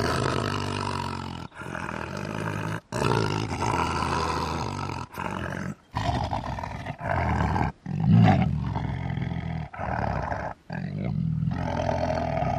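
Tiger roaring: a series of deep, loud, drawn-out roars and groans separated by short silences.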